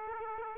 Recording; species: mosquito wingbeat signal from an infrared sensor; Aedes aegypti